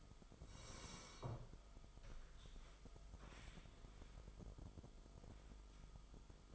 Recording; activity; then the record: daily activity, microphone in the room; sit down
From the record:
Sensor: 5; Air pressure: 1005.5 hPa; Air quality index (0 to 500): 104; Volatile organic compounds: 2 ppm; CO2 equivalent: 1268 ppm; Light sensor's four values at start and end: 34/78/31/29 and 34/78/31/29